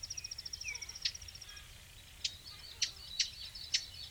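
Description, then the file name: Eurasian blackcap giving hard, sharp tacking clicks, five spaced over about three seconds, after a quick high twittering series. "Sylvia atricapilla"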